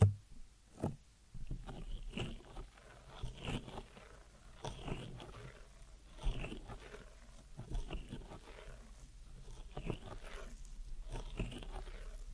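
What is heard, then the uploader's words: Ear massage sounds: soft rubbing and scratching strokes come in irregular bursts every second or so, with brighter crinkly edges. A low steady hum runs underneath throughout, and the rustling grows denser and more continuous in the second half. ASMR Deep Ear Massage for Sleep(No Talking).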